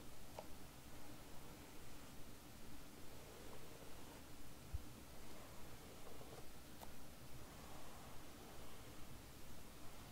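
Hair being brushed and played with gives a steady, dense rustling hiss with soft, rapid stroking texture throughout. A low rumbling murmur sits underneath, and brief sharper ticks stand out near the start, around four to five seconds, and near seven seconds.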